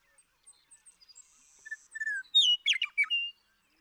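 Western meadowlark song: a few soft high notes, then clear whistles sliding downward and a quick, bubbling, gurgled phrase to finish.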